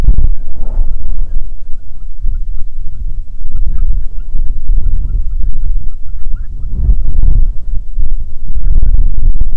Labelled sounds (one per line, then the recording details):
waterfowl
wind
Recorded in the Prudhoe Bay oil fields, Alaska, on 6 June 2019 at 04:05
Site 16